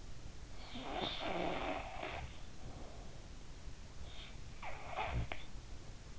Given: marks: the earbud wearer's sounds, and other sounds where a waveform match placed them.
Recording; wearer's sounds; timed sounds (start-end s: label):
sounds in sleep by an in-ear microphone; snoring breath
0.25-2.84 s: snoring breath
4.37-5.61 s: snoring breath